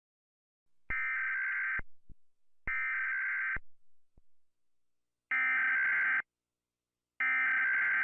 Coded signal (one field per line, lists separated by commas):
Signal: Emergency Alert System (SAME) tones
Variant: header bursts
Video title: Goodbye America (Pt. 2) - A Nuclear Attack EAS Scenario